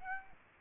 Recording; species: mosquito wingbeat signal from an infrared sensor; Aedes aegypti